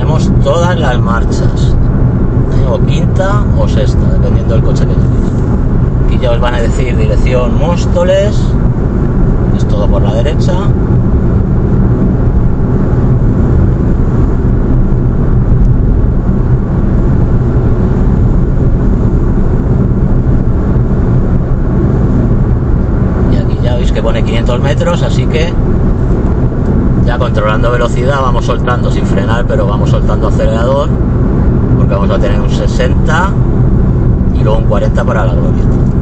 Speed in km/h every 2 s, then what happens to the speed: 91, 91, 91, 90, 89, 91, 91, 91, 90, 90, 88, 87, 87, 89, 89, 87, 85, 84.
0-28 steady at about 90.